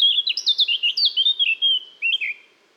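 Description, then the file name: Eurasian blackcap warbling a short, fast sequence of clear whistled notes before fading out. "Sylvia atricapilla"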